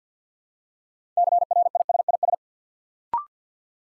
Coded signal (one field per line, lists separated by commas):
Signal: Morse code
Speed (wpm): 50 wpm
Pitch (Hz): 700 Hz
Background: none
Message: CRISIS